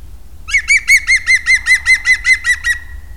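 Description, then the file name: European green woodpecker giving a loud, even, rapid string of many yelping notes; little else audible. Contact call and shout. "zöld küllő kapcsolattartó hangja és kiáltás"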